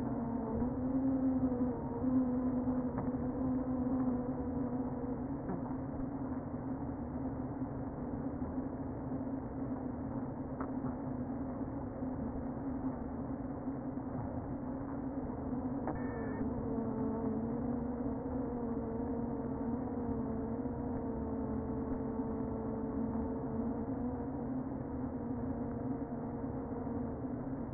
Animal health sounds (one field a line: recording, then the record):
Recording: honeybee colony, microphone inside the hive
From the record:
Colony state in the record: queen present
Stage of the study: before two queens were removed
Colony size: about 60,000 bees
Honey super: yes